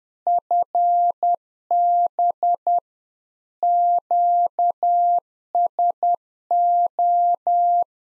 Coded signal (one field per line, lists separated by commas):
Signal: Morse code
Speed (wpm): 10 wpm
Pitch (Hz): 700 Hz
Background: none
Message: FB QSO